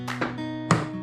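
A screwdriver, standing in for the striker, is pushed into the car door latch of a driver's door on a Verisa. A softer knock comes at 0.2 s, then the latch gives a sharp click at 0.7 s over a steady tonal hum. This is the first of the latch's two clicks; the second has not clicked yet.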